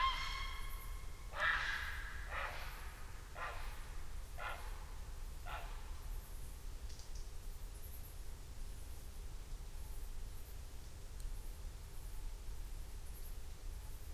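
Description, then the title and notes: Heron giving a series of harsh, hoarse cries, about one each second, then quiet night background after about six seconds. Cries at night on the banks of the Rhône, Surjoux-Lhopital, France, following a falling tree and seeming to respond to it; recorded with Lom Usi Pro microphones and a Zoom F8. "Surjoux-Lhopital, France. cris de héron et de chouette hulotte femelle"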